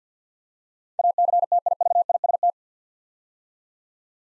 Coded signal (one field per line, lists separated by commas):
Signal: Morse code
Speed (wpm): 52 wpm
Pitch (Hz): 700 Hz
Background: none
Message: ACTIVIST